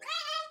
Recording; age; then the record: pig call; piglet (1 to 25 days)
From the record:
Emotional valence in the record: negative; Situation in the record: restrain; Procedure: in the arms of a person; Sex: male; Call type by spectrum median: high-frequency call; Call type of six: high-frequency stable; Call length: 0.50 s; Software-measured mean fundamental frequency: 314 Hz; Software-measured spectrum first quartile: 1289 Hz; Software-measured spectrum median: 2467 Hz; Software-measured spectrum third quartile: 3726 Hz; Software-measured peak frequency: 1263 Hz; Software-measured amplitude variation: 152 dB a second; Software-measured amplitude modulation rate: 22.8 a second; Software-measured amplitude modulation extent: 6.7 dB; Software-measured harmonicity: 10.3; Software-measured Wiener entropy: -2.78